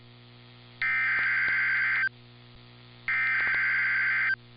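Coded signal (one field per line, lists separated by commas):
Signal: Emergency Alert System (SAME) tones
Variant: header bursts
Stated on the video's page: Severe Thunderstorm Warning received off-air with a Nooelec RTL-SDR, from weather radio station KIG79.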